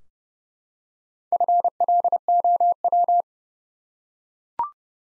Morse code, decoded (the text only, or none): FLOW